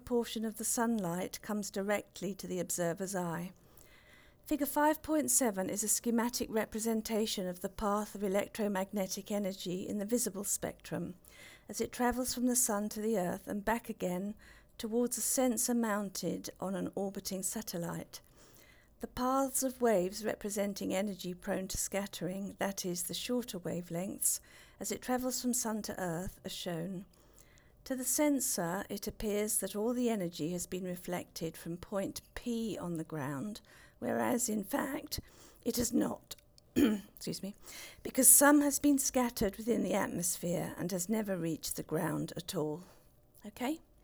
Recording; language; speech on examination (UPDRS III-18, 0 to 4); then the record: text read into a phone; English; 1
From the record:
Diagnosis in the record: Parkinson's disease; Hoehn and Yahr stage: 2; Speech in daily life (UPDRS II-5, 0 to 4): 1